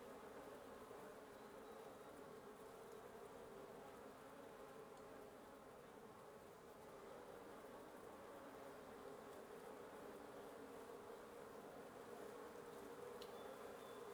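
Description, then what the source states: Wasp buzz, a continuous massed drone of many wings holding steady for the whole stretch, with a faint high chirp near the end. Wasp nest under the roof of the recordist's residence at 1a Avenida Nte 19, Antigua Guatemala, Guatemala; recorded in the morning; headphone listening recommended.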